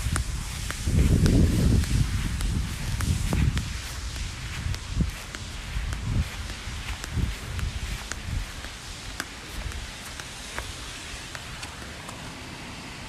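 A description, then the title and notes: Footsteps crunch and rustle along an outdoor path while a steady, even hiss, like rushing water, fills the background. Heavy low thumps and scuffs crowd the first few seconds, then sharper, sparser steps and snaps continue at an irregular pace. Walking to a waterfall. A peaceful journey to a waterfall in my neighborhood.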